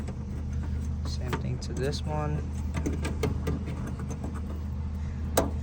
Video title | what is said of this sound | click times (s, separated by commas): Kia Soul Fuel Pump Replace - Codes P0451 & P0461 - Easy 30 Minutes Job | There you go. clicks. | 5.4 s